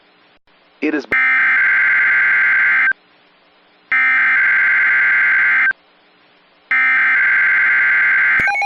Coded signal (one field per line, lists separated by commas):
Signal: Emergency Alert System (SAME) tones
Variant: header bursts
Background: speech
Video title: EAS Scenario Special - Absolute Zero